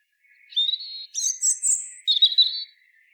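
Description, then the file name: European robin song: a steady thin whistle, then very high squeaky notes, finishing with a quick jangling twitter. "Erithacus rubecula"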